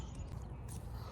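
A paper engine air filter with a rubber seal is set by hand into the plastic airbox of a 2019 Ram 1500, but it is not all the way in yet. There is a steady low rumble with faint scraping and rustling handling sounds and no distinct impacts. Nothing has seated or clicked yet.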